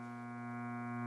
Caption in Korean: 후두에서 나오는 소리를 들려드리겠습니다 ai로 만들었어요. 폐에서 바로 여기 후두까지 나왔을 때 후두만 거치면 이런 소리가 나는 거죠. 후두에 그 얇은 막이 있어요. 그래가지고 그 얇은 막이 아주 빠르게 이렇게 닫혔다 열렸다 닫혔다 열렸다 이렇게 진동을 하면서 소리를 만들어요.